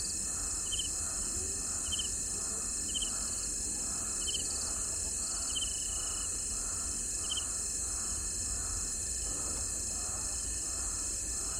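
Outdoor ambience by a dry riverbed at the start of the rains: a dense, steady high insect drone with short chirps about every second, plus low rumble.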